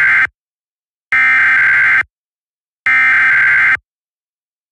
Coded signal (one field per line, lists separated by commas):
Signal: Emergency Alert System (SAME) tones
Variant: header bursts